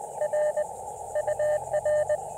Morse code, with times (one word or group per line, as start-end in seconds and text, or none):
0.2-0.6 R
1.2-2.2 UR